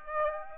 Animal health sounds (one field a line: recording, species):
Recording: mosquito wingbeat signal from an infrared sensor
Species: Aedes aegypti